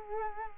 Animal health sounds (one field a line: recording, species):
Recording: mosquito wingbeat signal from an infrared sensor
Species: Culex quinquefasciatus